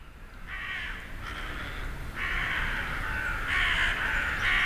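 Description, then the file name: Ravens cawing in raspy bursts that grow louder toward the end. Recorded on 25 December 2012 in Hütteldorf. "raben huetteldorf"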